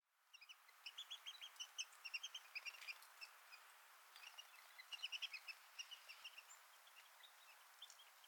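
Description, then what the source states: Pygmy Nuthatch calls, a steady stream of high, short chirps and piping notes. Pygmy nuthatch calls from ponderosa pine forest of western North America.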